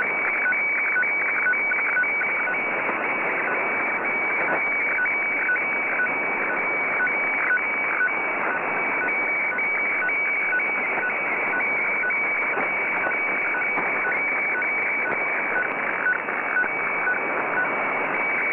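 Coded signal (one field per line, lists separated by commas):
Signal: weather fax (radiofax)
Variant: 120 lines per minute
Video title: JFW Fukushima Prefecture Fisheries Radio (Japan) (tentative) - 6414.5 kHz (FAX)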